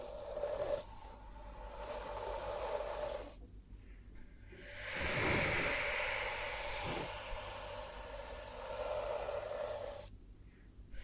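Hypnotic triggers made around the head and ears, heard as soft hissing and scraping textures that swell and fade. A brief gap near 3.5 seconds, a fuller rushing whoosh around 5 to 6 seconds, then steady hiss again before another short pause near 10 seconds.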